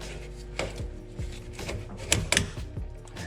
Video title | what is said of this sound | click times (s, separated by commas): Why Your HVAC Vent Pipe Is A Fire Risk (And How To Fix It) | see when the piece is new you hear those snaps one sits up there | 2.1 s, 2.3 s